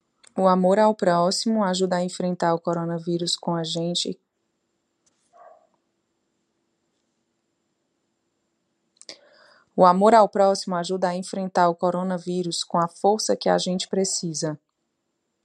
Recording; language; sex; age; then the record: spoken sentence; Brazilian Portuguese; female; 30 to 39 years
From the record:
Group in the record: control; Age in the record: 38 years